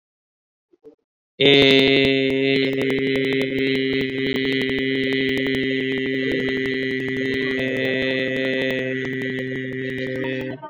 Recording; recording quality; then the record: sustained vowel as in made; moderate, slight background noise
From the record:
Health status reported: COVID-19 positive, mild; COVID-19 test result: positive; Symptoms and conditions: breathing difficulty, fever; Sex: male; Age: 38 years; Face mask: worn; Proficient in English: yes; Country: India